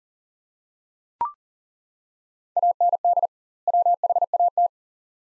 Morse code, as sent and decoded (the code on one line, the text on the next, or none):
.- -. -.. / .-- .... .- -
AND WHAT